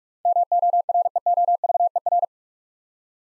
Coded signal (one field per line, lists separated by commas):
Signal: Morse code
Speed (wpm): 44 wpm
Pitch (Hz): 700 Hz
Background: none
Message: MOREOVER